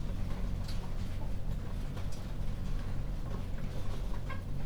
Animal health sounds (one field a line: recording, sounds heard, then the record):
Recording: poultry house recording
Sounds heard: healthy chickens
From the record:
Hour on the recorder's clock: 22